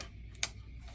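A final plastic wiring harness connector is pushed home into a control module. A faint tick at 0.35 s comes just before a single sharp click at 0.4 s. The connector is seated.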